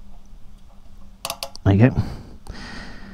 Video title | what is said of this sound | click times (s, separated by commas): Harley Davidson Softail Street Bob FXBB - Flush Fuel Cap Install | screw in the new one do you hear it click like | 1.2 s, 1.4 s, 1.6 s